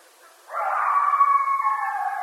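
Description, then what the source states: Coyote howl: one sustained, wavering cry with strong harmonics that begins abruptly after half a second and holds to the end. Several coyotes, recorded 1 October 2012.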